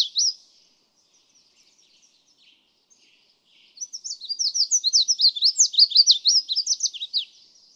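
Red-faced Warbler song: after a brief opening note and quiet soft notes, a fast run of high sweet slurred notes nearly four seconds long.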